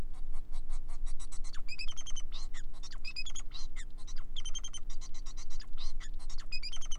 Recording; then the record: song of a male Bengalese finch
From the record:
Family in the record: son of father 4